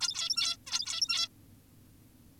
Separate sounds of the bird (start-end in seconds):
0.01-0.57, 0.67-1.28